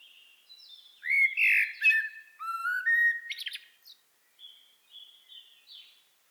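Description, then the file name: Common blackbird song: a rich mellow whistled phrase rising and falling, followed by squeaky high twitters and a few thin trailing notes; no other sounds. "Turdus merula"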